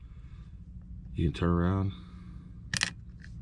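A new CR2450 coin cell is flipped over and pushed again into the battery holder of a 2018 Ford Edge 5-button smart key remote fob, and someone talks. Brief plastic taps and scrapes follow around 2.8 s and 3.2 s. Nothing has clicked or seated yet: the cell still does not latch, and it won't work.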